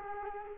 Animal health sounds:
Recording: mosquito wingbeat signal from an infrared sensor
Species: Culex quinquefasciatus

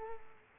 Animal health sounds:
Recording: mosquito wingbeat signal from an infrared sensor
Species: Culex quinquefasciatus

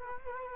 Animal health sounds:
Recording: mosquito wingbeat signal from an infrared sensor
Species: Culex quinquefasciatus

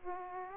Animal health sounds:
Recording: mosquito wingbeat signal from an infrared sensor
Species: Aedes aegypti

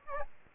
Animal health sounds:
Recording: mosquito wingbeat signal from an infrared sensor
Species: Aedes albopictus

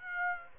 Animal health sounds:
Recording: mosquito wingbeat signal from an infrared sensor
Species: Aedes aegypti

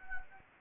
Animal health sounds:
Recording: mosquito wingbeat signal from an infrared sensor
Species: Anopheles gambiae

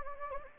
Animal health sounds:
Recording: mosquito wingbeat signal from an infrared sensor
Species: Anopheles gambiae

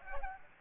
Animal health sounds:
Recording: mosquito wingbeat signal from an infrared sensor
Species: Aedes aegypti

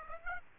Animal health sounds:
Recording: mosquito wingbeat signal from an infrared sensor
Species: Aedes aegypti

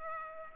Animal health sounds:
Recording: mosquito wingbeat signal from an infrared sensor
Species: Culex pipiens

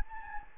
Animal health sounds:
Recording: mosquito wingbeat signal from an infrared sensor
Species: Anopheles gambiae

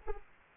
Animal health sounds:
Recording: mosquito wingbeat signal from an infrared sensor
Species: Anopheles arabiensis

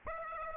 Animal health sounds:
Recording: mosquito wingbeat signal from an infrared sensor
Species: Aedes aegypti

